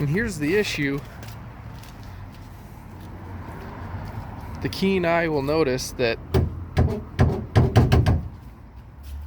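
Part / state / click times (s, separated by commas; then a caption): latch on a car body, likely a door or hood / not seated / none. Someone talks about a latch on the body of an '88 Thunderbird, then the latch is pushed or closed twice, giving two sharp knock-like impacts at about 7.9 s and 8.1 s. The latch fails to catch, and nothing has seated or clicked yet.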